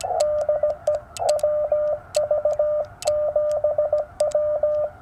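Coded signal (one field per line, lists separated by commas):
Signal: Morse code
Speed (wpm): 17 wpm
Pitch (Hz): 1200 Hz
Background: radio noise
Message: DE WV7W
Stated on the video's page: Morse on a POTA activation using a JPC-12 vertical antenna, KX2 at QRP and FT-891 at 50 watts, including a DX contact.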